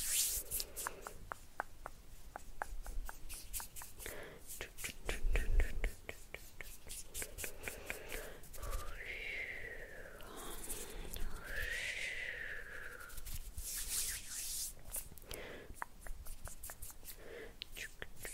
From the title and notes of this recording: Hand Sounds and Plucking Negative Energy for Sleep Hand Movements, Minimal Talking.